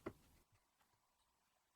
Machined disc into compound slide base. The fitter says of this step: The disc snaps right in place.